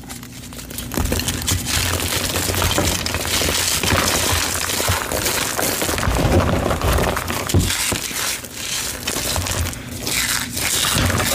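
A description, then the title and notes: Gym chalk being crushed with baby oil, a dense, continuous crackling and crunching that runs the whole eleven seconds at a fairly even level. Fine gritty crinkles fill the upper range while soft thuds and squishing pulses sit underneath, with brief dips around eight and ten seconds. Baby Oil Gym Chalk Crushing Compilation.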